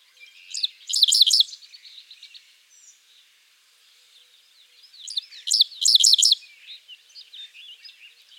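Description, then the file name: Dickcissel song: two short chips followed by three loud buzzy notes, the phrase given twice, with softer twittering notes trailing after each phrase. "Spiza americana - Dickcissel"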